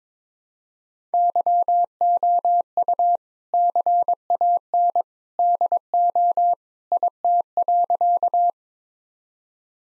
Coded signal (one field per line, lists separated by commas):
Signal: Morse code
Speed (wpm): 22 wpm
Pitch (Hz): 700 Hz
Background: none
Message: YOU CAN DO IT.